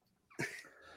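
A single short, forceful cough from an adult who is ill opens abruptly from near silence and fades into a breathy, rasping tail within about half a second. It is one isolated cough with a quiet room behind it.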